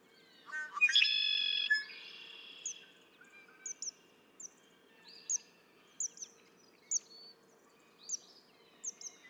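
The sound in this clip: Red-winged blackbird song: gurgled intro and buzzy trill, followed by a series of high, thin notes.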